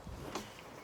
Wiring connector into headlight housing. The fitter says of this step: So, once you're all the way in, it clicks, and then slide it forward. So, there we're locked in.